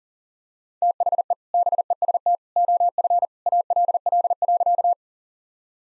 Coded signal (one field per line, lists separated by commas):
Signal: Morse code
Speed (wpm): 40 wpm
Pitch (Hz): 700 Hz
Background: none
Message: THE BEST OF ALL.